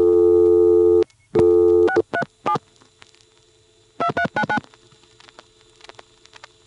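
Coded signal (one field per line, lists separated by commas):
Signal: DTMF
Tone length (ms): 80 ms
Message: 637 2399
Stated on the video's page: Telephone tones from an NX1 crossbar exchange.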